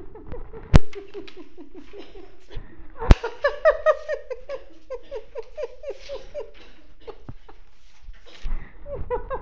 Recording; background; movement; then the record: laughter; a bystander coughing; walking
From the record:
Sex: female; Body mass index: 21.8 kg/m2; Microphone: on the chest, facing the body